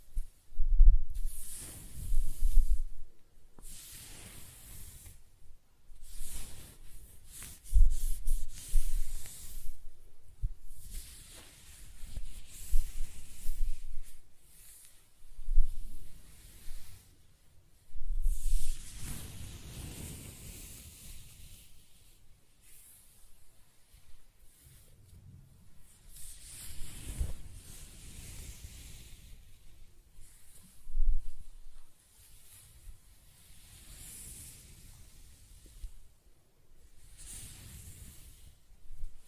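Close-up hair sounds: repeated scratching and brushing strokes, each a soft hissing rasp lasting a second or two, separated by short silent gaps. The strokes are bright and airy, some carrying a low rumbling thump, and arrive at an uneven pace throughout.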